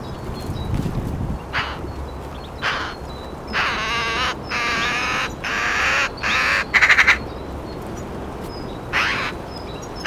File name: Pica pica